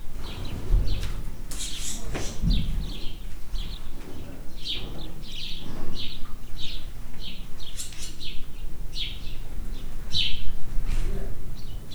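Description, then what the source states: Sand martin chirps: many short, dry notes in uneven series throughout, with a steady low rumble underneath. Calling in a horse stable in a farmyard.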